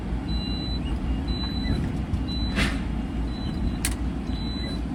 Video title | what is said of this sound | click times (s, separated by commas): #workdayvlog #P&G #trucking | You heard that little click. That means we're connected to the trailer. | 3.9 s